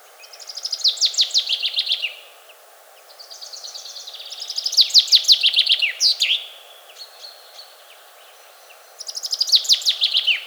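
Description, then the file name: Common chaffinch singing three times, each phrase a quick run of high notes tumbling down in pitch, the last phrase cut off. "Fringilla coelebs"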